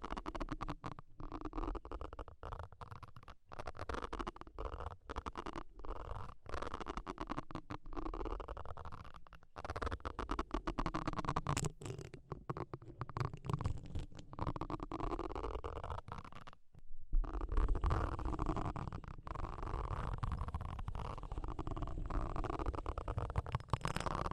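Deep ear cleaning sounds: a dense, continuous run of rubbing and scratching with fast, irregular clicks and crackles throughout. Low, muffled rumbling swells underneath, with a brief near-silent dropout around seventeen seconds before the scraping resumes slightly louder.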